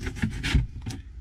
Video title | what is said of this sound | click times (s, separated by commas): 2019 Dreamer D42 Fun Van Conversion | the leg drops down clicks | 0.2 s